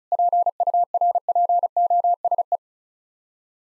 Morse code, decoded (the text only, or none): PURPOSE